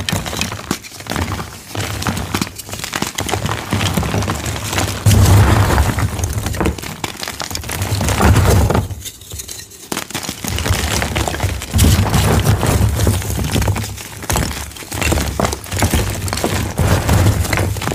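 Dyed gym chalk is crushed in a steady run of dense, crispy crackling and crumbling, with a heavy low thud underneath. The pressing surges louder around five to eight seconds and again after twelve, with a brief quieter pause near nine seconds.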